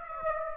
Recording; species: mosquito wingbeat signal from an infrared sensor; Aedes aegypti